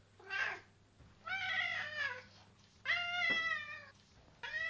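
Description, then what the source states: Domestic cat meowing: about four drawn-out, wavering meows with rich harmonics, some rising then falling, separated by short pauses over a steady low hum. Male cat.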